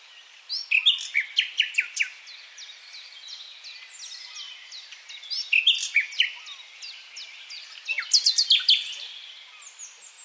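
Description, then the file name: Common nightingale song in three loud bursts of fast chirps and rattles, with quieter twittering in between. "Luscinia megarhynchos"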